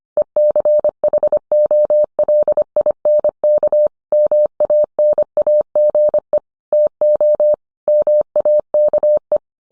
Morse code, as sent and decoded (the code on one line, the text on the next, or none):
. -.-. .... --- .-.. .. -. -.- / -- .- -. .- --. . / - --- / -- .- -.- .
ECHOLINK MANAGE TO MAKE